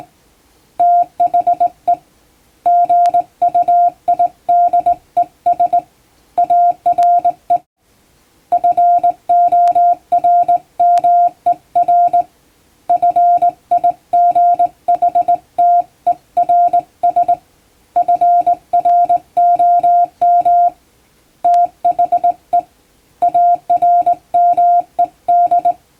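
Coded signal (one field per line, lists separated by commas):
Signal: Morse code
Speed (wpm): 20 wpm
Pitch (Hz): 700 Hz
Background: music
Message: THE GUIDES ARE FORMER FIGHTERS FROM THE ARMED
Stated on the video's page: Hand-keyed plain-language English Morse sent by a first-class radiotelegraph operator, for amateur radio receiving practice.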